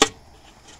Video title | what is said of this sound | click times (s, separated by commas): decided to add a custom glass window to the cardboard storage shed built with a HART staple gun pt 4 | and it does it does it does fit like a glove it pops right in | 0.0 s